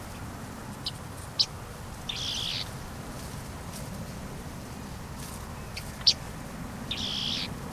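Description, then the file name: Bearded reedling giving two nasal, twanging calls several seconds apart, each preceded by a sharp click, over a constant low rumble. Recorded on 9 October 2013 in the Mohrweiher pond area, Erlangen-Höchstadt district. "Bartmeise. Mohrweihergebiet ERH. Barbara Goldmann"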